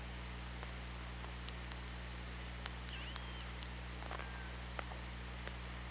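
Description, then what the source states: Orca calls: a brief curling, rising-then-falling tonal call and a later descending note, scattered clicks, under constant underwater hiss and low-frequency hum. Recorded by OrcaLab hydrophone, 24 August 2017, 16:07.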